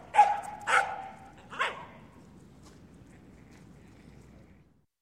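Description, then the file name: Terrier barking three times in quick succession, sharp bright barks in the first two seconds, then quiet. "Sound Ideas 2000 Series. Terrier Bark"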